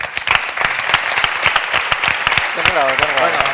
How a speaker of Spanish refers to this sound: Le tenemos ahí un aplauso, por favor.